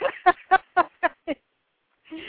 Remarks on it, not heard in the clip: One of my roosters is so hoarse, he's got laryngitis. Never heard a rooster with laryngitis. He puts his little head up and he's just as tall as he can be and he goes.